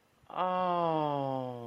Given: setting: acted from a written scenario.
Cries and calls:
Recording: vocal sound without words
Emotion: awe

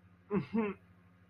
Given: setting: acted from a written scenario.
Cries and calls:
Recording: vocal sound without words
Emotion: shame

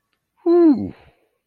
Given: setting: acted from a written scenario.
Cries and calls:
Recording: vocal sound without words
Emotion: relief

